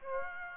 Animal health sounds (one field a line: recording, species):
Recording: mosquito wingbeat signal from an infrared sensor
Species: Aedes aegypti